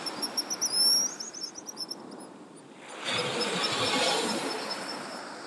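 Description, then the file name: Pigeon guillemot: a high, thin whistled trill in the first two seconds or so, then a broad wash of noise takes over. "Pigeon Guillemot Cepphus columba"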